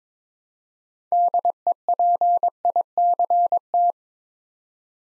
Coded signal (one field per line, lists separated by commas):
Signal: Morse code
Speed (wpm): 22 wpm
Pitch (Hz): 700 Hz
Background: none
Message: DEPICT